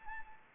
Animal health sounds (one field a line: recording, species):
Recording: mosquito wingbeat signal from an infrared sensor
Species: Anopheles arabiensis